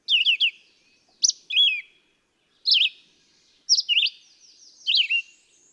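Red-eyed vireo giving a few quick slurred phrases, then several more with pauses, high and clear against silence.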